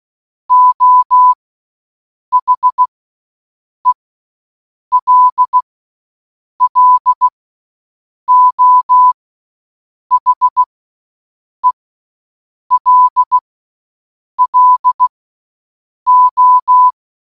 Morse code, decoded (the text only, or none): O HELLO HELLO